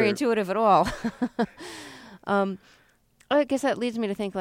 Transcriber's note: laughs